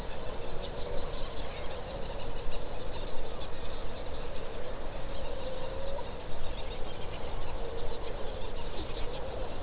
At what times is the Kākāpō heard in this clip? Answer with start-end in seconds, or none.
none